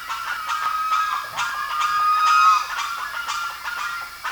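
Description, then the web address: Bird honking calls, several nasal notes in quick succession, one held tone in the middle, with a few low thumps underneath. "BIRD 2015 SABIOD bird 2015"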